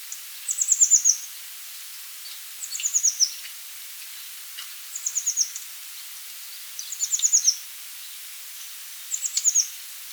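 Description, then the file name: Eurasian blue tit calling: short, very high, thin notes in a quick descending series, repeated about every two seconds, with faint high chips between phrases. "Cyanistes caeruleus"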